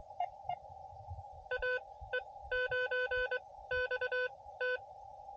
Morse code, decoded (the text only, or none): AE9XT